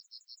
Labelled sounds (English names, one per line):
Yellowhammer song